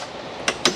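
A perforated seeding plate is pushed into a vacuum seeder frame until it locks into place. Over a low steady background, two sharp, bright hits ring out at 0.5 s and 0.7 s. The plate is seated.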